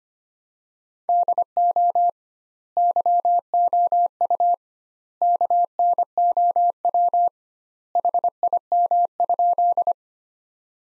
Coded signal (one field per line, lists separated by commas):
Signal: Morse code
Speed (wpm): 25 wpm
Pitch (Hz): 700 Hz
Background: none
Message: DO YOU KNOW HIM?